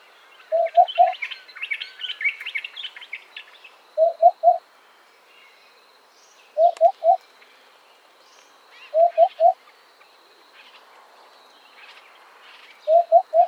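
Eurasian hoopoe calling a soft, hollow three-note 'oop-oop-oop', the triplet repeated five times at uneven gaps of about two and a half to four seconds, with chirping songbirds early on.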